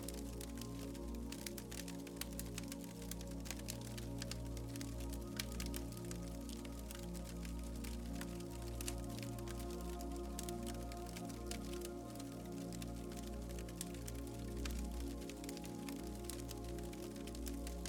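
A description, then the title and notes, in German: A fire crackles steadily over soft music, with dense, quick pops and snaps scattered across the whole stretch without pause. Underneath, gentle sustained low tones and a mellow melody hold an even level throughout. Rhythmus des FEUERS und Sanfter MUSIK. Das beruhigende Knistern des Feuers sich mit sanften Melodien vermischt.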